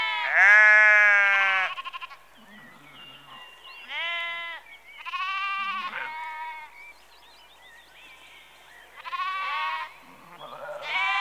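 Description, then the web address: Sheep bleating repeatedly, a long loud quavering bleat opening, then several shorter bleats of varying pitch with brief quiet gaps and a loud bleat at the end. Rural exterior atmosphere in early evening, with sheep recorded close. "Sound Effects Library Exterior Atmospheres-Rural Backg Sheep Early Evening- Close"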